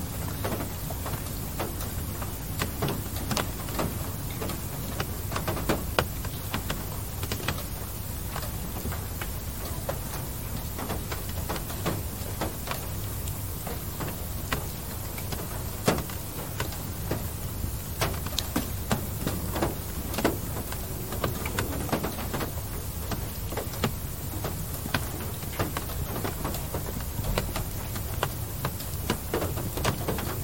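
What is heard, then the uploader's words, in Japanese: Light rain at night, a steady, dense patter with countless small drops ticking and tapping, thicker bursts scattered all through. A constant low rumble sits underneath, like a vehicle idling or traffic, and the level holds even from start to finish. 疲れた心を癒してくれる小雨の音 夜 車。DR-07X #TASCAM #オーストラリア #環境音 #バイノーラル。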